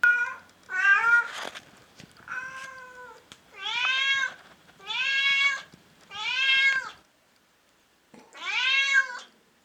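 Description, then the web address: Cat meowing in a run of several drawn-out, harmonic-rich meows, some rising then falling, with short pauses between and a longer gap before the last one. Meowing of a second and a third cat. "secondo gatto pusha e terzo gatto pusha miagolio di gatto"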